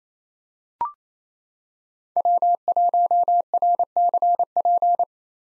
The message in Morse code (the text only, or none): W1RCP